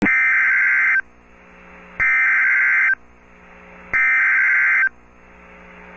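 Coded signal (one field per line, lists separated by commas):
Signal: Emergency Alert System (SAME) tones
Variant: header bursts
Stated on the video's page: Valid SAME tones, received Flash Flood Warning for Mobile County, Alabama.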